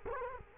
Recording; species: mosquito wingbeat signal from an infrared sensor; Culex quinquefasciatus